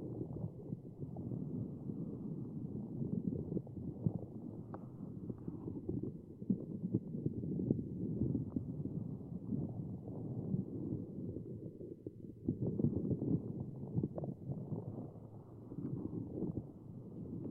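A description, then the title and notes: Muffled underwater sound, a dense, steady low rumble with nothing above the lower middle range, as if heard through water. Small clicks and knocks pop through now and then, with a slight dip near twelve seconds before the murmur swells again. Water Globes and Underwater Sounds.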